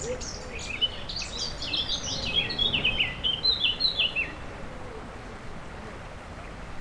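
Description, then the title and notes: Warbler song: a hurried stream of sharp, high, chattering notes that fades after about four seconds. Near the Sierroz river, allée Marcel Mailly, Aix-les-Bains, France; warblers singing without competition at this time of year; river level very low. "3 Rue des Pélicans, 73100 Aix-les-Bains, France - Fauvettes. Près du Sierroz allée Marcel Mailly , les fauvettes sont sans concurrence à cette époque , le niveau du Sierroz est très bas"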